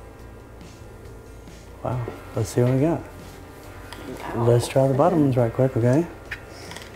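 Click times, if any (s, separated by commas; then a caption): 6.3 s, 6.7 s. A removable snap-on dental veneer, a plastic/resin appliance, is pressed onto the bottom teeth while someone talks. Two short clicks are heard at 6.3 s and 6.7 s as it snaps into place and seats.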